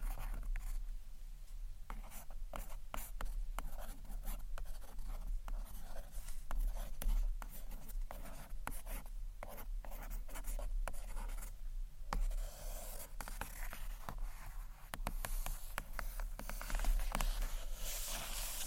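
Gentle scratchy tapping on books, a dense run of quick bright scrapes and light taps continuing throughout with a low steady hum underneath.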